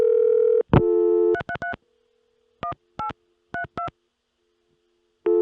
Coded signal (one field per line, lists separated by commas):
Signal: DTMF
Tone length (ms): 100 ms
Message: 333 1832